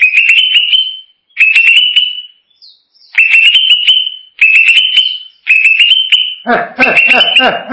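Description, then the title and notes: Greater green leafbird singing rising whistled phrases with clicky onsets, about one each second, before a harsh, scratchy chatter at the end. Described as a champion singing bird. "Kicau Burung Cucak Ijo Juara. Suara kicauan burung cucak ijo"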